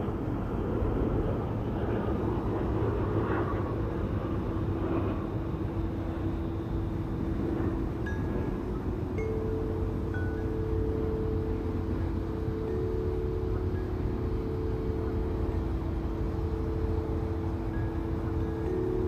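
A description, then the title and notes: A chime tree rings over a steady low rumble, with a sustained tone entering near nine seconds and faint high tinkles scattered throughout. Chime Tree.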